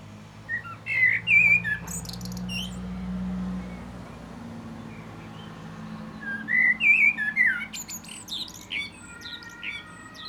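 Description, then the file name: Common blackbird song in two phrases, each of fluty warbled whistles trailing into high squeaky notes, with low background rumble between them. "Turdus merula"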